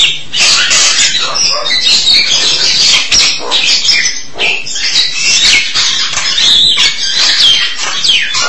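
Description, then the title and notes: Starling chattering continuously with grating, noisy notes and several high, clear whistles slurring up and down. "suara burung jalak"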